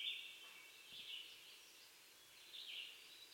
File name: Troglodytes hiemalis - Winter Wren